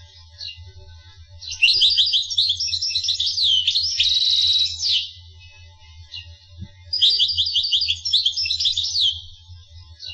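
Finch song in two long phrases of fast high twittering and trills, separated by a quiet pause, low hum beneath.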